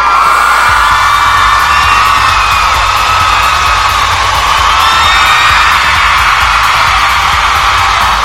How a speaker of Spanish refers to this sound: Chica, pues ya regresamos, wow, ya va subiendo la audiencia, chica, muy bien, chicos, un fuerte aplauso, es más, ovación, ¿por qué no?